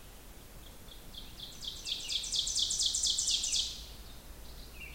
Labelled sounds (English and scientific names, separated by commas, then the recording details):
Ovenbird (Seiurus aurocapilla) song
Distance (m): 30 m
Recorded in boreal forest in Alberta, Canada, on 16 June 2016 at 05:55
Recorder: SongMeter 3, array SBT-3-32
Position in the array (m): 86 m, 26 m
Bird 36